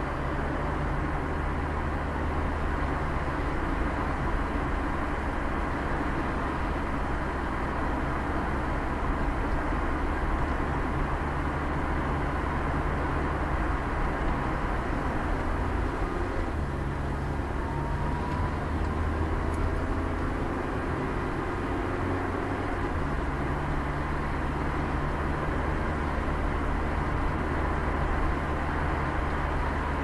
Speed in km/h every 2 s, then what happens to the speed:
34, 40, 42, 47, 49, 46, 43, 40, 41, 43, 43, 45, 46, 50, 53.
0-7 speeds up to 49. 7-15 slows to 40. 15-30 speeds up to 53.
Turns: none.